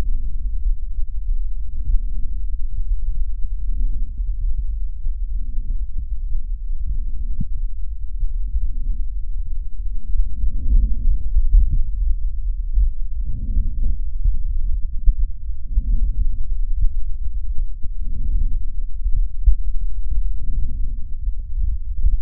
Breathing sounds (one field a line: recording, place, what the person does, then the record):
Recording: lung sounds by stethoscope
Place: left posterior basal chest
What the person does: quiet breathing, then deep breathing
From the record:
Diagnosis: interstitial lung disease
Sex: female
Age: 68 years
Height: 152 cm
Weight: 76 kg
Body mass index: 32.9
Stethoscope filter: bell mode